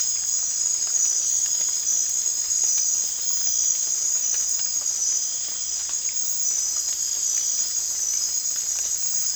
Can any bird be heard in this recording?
no